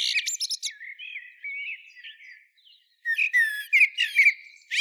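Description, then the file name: Eurasian blackbird song: a brief high twitter, then soft fluting warbled notes, followed by a burst of squeaky, rapid high twittering near the end. "Turdus merula"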